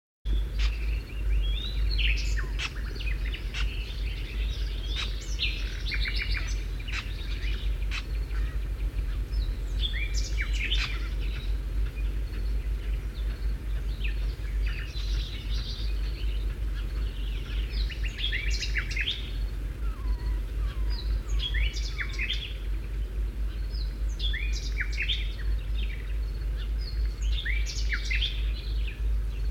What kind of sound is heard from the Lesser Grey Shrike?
call